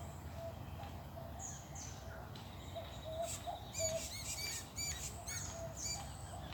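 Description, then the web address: Dusky myzomela giving scattered high chip notes that gather into a brisk series midway, with soft lower whistles and a continuous low rumble behind. "sound Dusky-myzomela. صدای-پرنده-عسل-خوار-قهوه-ای"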